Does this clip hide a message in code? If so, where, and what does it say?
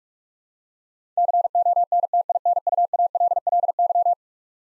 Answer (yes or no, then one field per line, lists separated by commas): yes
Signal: Morse code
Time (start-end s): 1.2-4.1 s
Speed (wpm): 46 wpm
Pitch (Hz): 700 Hz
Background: none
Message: CONTINUALLY